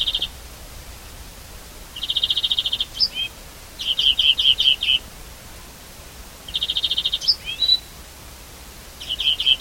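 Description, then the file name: European greenfinch repeating fast buzzy trills, each followed by bright chirping notes. "Chloris chloris"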